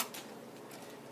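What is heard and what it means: A bobbin case, with its little arm pointing up, is pushed into the hook area of a Bernina 1008 sewing machine. A short, sharp click is heard at 0.1 s, showing it has seated correctly.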